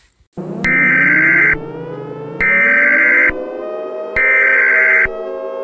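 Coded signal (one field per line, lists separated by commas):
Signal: Emergency Alert System (SAME) tones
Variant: header bursts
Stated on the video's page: Fictional EAS scenario.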